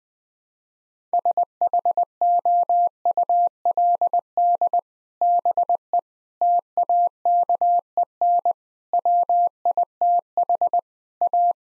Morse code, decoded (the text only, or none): SHOULD BE TAKEN WITH A